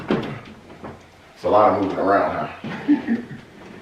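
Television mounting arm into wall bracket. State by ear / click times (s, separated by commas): not seated / none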